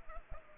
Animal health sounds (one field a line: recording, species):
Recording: mosquito wingbeat signal from an infrared sensor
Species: Culex pipiens